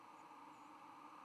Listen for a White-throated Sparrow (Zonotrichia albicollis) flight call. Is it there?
yes